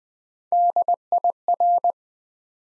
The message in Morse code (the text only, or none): DIR